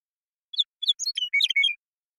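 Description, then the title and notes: Western meadowlark with its bubbly song, two whistled lead notes and a fast gurgling cascade ending on a short whistle, background quiet. Song; recorded in the Pacific Northwest, Washington, United States; isolated and processed from the original with natural pace and rhythm kept. "Western Meadowlark, Sturnella neglecta, song, contact calls, and flush, isolated and processed from original, natural pace and rhythm maintained, family: Troupials and Allies Recorded in the beautiful Pacific Northwest in Washington, United States"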